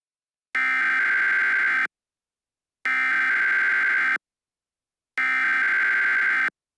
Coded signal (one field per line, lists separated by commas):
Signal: Emergency Alert System (SAME) tones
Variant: header bursts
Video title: EAS Scenario #1: Containment Breach